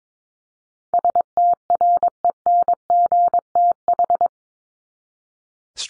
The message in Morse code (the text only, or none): STRENGTH